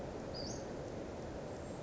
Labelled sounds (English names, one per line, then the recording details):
Western Flycatcher
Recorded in Sonoma County, California